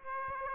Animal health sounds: mosquito wingbeat signal from an infrared sensor; Aedes aegypti

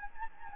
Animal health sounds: mosquito wingbeat signal from an infrared sensor; Anopheles gambiae

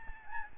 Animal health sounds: mosquito wingbeat signal from an infrared sensor; Aedes albopictus

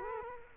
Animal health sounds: mosquito wingbeat signal from an infrared sensor; Culex quinquefasciatus

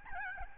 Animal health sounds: mosquito wingbeat signal from an infrared sensor; Aedes albopictus

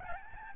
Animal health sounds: mosquito wingbeat signal from an infrared sensor; Aedes albopictus

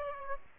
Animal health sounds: mosquito wingbeat signal from an infrared sensor; Aedes aegypti

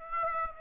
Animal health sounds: mosquito wingbeat signal from an infrared sensor; Aedes aegypti

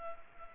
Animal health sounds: mosquito wingbeat signal from an infrared sensor; Culex pipiens

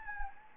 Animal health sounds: mosquito wingbeat signal from an infrared sensor; Anopheles gambiae

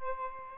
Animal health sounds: mosquito wingbeat signal from an infrared sensor; Aedes albopictus

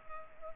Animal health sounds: mosquito wingbeat signal from an infrared sensor; Culex pipiens

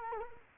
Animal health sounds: mosquito wingbeat signal from an infrared sensor; Culex quinquefasciatus

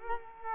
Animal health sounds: mosquito wingbeat signal from an infrared sensor; Culex quinquefasciatus

